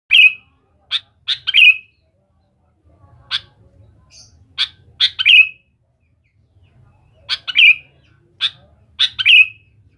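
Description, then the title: Sooty-headed bulbul song in three bursts of crisp notes ending in down-slurred flourishes, with quiet gaps between and a soft low rumble in the background. "Kutilang"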